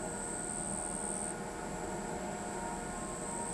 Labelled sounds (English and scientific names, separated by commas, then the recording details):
none
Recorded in pastures near Pivijay, Magdalena, Colombia, on 15 April 2023 at 23:00
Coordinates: 10.456, -74.369
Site P6-G026